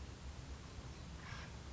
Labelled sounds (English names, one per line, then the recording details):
Acorn Woodpecker
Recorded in Sonoma County, California